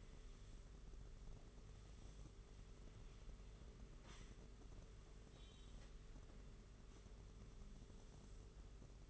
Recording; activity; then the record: daily activity, microphone in the room; sweep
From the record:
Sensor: 4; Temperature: 27.1 degrees Celsius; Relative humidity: 38.3%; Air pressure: 992.2 hPa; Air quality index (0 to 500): 110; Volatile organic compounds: 18 ppm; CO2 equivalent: 2631 ppm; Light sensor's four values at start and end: 23/79/29/31 and 23/79/29/31